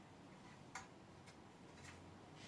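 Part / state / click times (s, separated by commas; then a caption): plastic end piece with plug into cordless stick vacuum extension tube / seated / 0.8 s. A replacement plastic end piece with its plug is fitted onto the extension tube of a Philips cordless stick vacuum after its wires are soldered, lined up by the T-shaped mark on its back. One short, sharp click sounds at 0.8 s as it seats into place, followed by a few fainter ticks over a low background hum.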